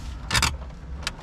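On a 1995 Chevy, during a blower control switch replacement, the climate control panel with its connectors plugged back in is slid and pushed back into the dashboard, making a broad scraping rustle around 0.3–0.5 s over a low steady hum. A single sharp click at 1.1 s shows the panel has seated in the dash.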